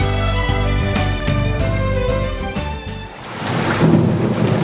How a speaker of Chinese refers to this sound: 趁落雨装翻啲水咯。